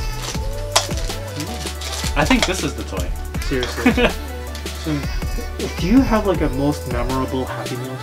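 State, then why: Seated. The two halves of a plastic toy capsule from a fast-food kids' meal figure set snap shut with a sharp plastic click at 0.8 s, seating closed. Someone talks over background music for the rest of the clip.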